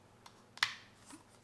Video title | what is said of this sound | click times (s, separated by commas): Quattro FX ResMed Full Face Mask Fitting and Assembly Video | just heard it click into place | 0.6 s